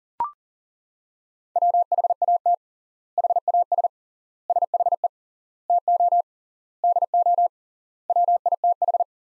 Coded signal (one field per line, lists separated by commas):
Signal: Morse code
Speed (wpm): 40 wpm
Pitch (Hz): 700 Hz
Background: none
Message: WHAT HAS SHE TO DO WITH